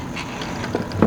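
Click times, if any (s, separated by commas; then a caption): none. The crankcase ventilation (CCV) filter element on a 2019 RAM 2500 with a 6.7 Cummins diesel engine is handled and set over its housing, with a few brief handling knocks around 0.8, 0.9 and 1.0 seconds. Nothing has seated or clicked yet; the clip ends just before the filter is pushed down and pops into place.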